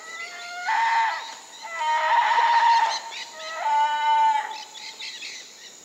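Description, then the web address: Black-faced spider monkey calls: three drawn-out, harmonic wailing cries around one second each, separated by short pauses, over a constant high hum. South American rainforest primate. "Natures Songs S America Primates of the Rainforest Black-faced spider monkey"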